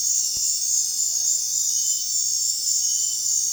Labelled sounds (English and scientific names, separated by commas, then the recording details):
none
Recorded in dense forest near Puerto Asís, Putumayo, Colombia, on 23 June 2025 at 21:00
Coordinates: 0.466, -76.327
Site GP04